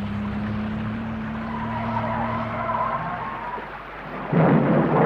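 A steady low mechanical drone with a humming tone runs throughout, then a sudden loud, broad crack of thunder from a thunderstorm bursts in near the end and keeps rumbling.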